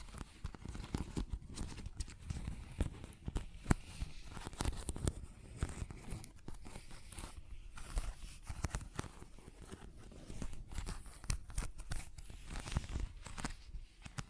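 Dense scratching and tapping continue throughout, with frequent sharp clicks and brief bright rasps over a low rumbling undertone.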